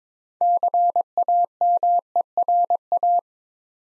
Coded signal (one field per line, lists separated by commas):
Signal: Morse code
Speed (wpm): 22 wpm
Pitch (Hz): 700 Hz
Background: none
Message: CAMERA